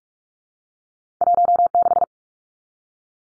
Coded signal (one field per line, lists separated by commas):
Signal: Morse code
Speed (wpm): 44 wpm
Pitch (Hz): 700 Hz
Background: none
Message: 16